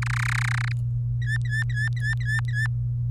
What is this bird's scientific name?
Serinus canaria